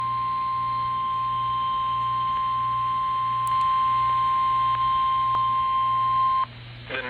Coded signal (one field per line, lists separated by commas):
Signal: Emergency Alert System (SAME) tones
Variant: 1050 Hz attention tone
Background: speech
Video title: Severe Thunderstorm Warning on WXL92 || EAS 148